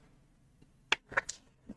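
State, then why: Seated. A plastic brick piece is pushed into a receptacle on a brick model. A sharp, loud knock is heard at 0.9 s and the piece seats, followed by a few softer taps around 1.2 s, 1.3 s and 1.7 s.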